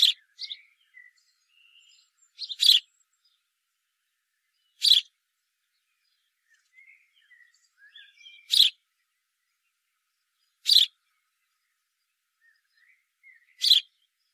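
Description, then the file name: House sparrow giving short, sharp chirps, roughly one every two to four seconds, with faint thin twittering between them. "Passer domesticus"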